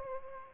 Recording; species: mosquito wingbeat signal from an infrared sensor; Aedes aegypti